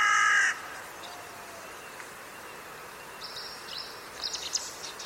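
A single rasping bird caw at the start, followed by quiet buzzy, high chirping sounds.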